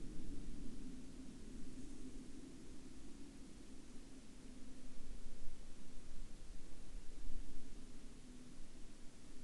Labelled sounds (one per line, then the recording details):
aircraft
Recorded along the Dempster Highway, Canada, on 22 October 2020 at 22:43
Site 14